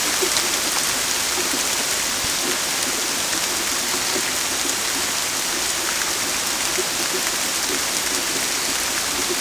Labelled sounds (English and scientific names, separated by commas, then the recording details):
none
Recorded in secondary vegetation near Puerto Asís, Putumayo, Colombia, on 18 December 2024 at 23:00
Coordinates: 0.481, -76.318
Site G042